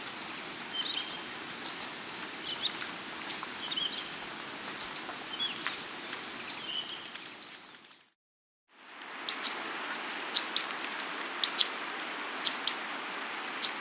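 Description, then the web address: Green violetear repeating high, clipped chips about once a second, with a brief silent gap midway before the steady series resumes over faint background noise. Andean bird from South America. "Natures Songs S America Andean Birds. Green Violetear (Colibri Thalassinus)"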